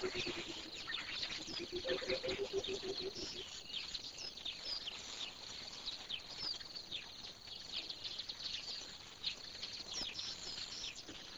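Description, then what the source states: Coucal giving a run of deep, rapid hooting notes for about three seconds, under a dense, busy chorus of high chirping and twittering birds. Recorded in the morning at a pond, with other birds calling.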